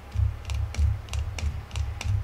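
The segmented plastic legs of a Lammcou flexible tripod are bent so their joints ratchet into notch points, locking in place instead of flopping. A series of short, sharp clicks is heard over a low steady rumble, at 0.5, 0.8, 1.1, 1.4, 1.8 and 2.0 seconds. Each click marks a leg segment seating into its notched joint.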